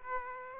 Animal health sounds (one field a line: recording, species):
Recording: mosquito wingbeat signal from an infrared sensor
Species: Aedes aegypti